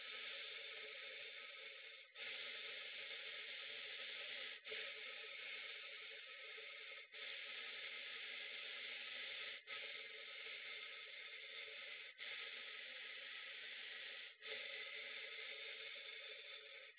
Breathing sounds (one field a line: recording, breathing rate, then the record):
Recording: paced breathing near a phone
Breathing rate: 12 breaths a minute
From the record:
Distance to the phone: 20 cm